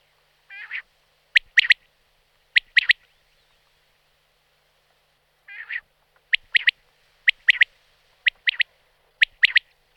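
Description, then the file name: Common quail giving two bouts, each of quiet wheezy notes followed by clipped triple-note phrases repeated about once a second, with a long pause between the bouts. "Krepelka polni Coturnix coturnix"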